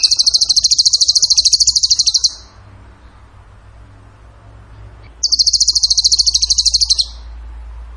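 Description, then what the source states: Bird song: two rapid, evenly pulsed, very high trills of about two seconds each, separated by a quiet pause. Tembakan gacor song style, used as masteran to train other songbirds.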